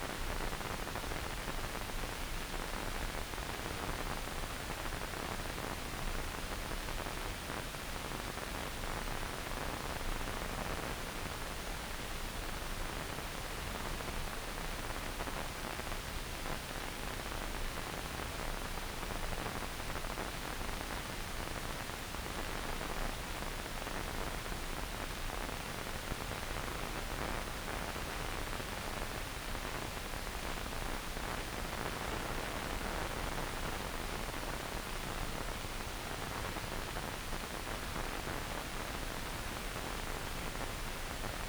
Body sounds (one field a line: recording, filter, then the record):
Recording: brain microelectrode recording played as sound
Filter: wide band, above 20 Hz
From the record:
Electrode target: subthalamic nucleus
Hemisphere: left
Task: reaching with the right hand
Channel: 1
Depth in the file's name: 0.251 mm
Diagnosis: Parkinson's disease